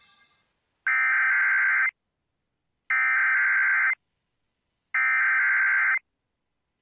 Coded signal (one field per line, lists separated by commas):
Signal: Emergency Alert System (SAME) tones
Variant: header bursts